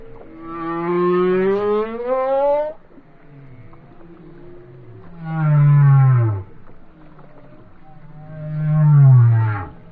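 Whale song: a long rising harmonic wail, then two deep downward-sliding moans spaced about three seconds apart.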